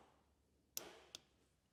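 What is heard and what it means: A torque wrench set to 14 ft-lb tightens a snugged engine case bolt in the oil filter area of a 2015 Husqvarna FE501 dirt bike engine. It gives a sharp, bright click at 0.8 s, followed by two fainter ticks at 1.2 s and 1.8 s. The click confirms the bolt has reached the set torque.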